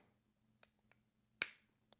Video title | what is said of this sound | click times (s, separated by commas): Using the Volta, Media Mod and DJI Mic on GoPro HERO9 | just like that, clicks into place, beautiful. | 1.4 s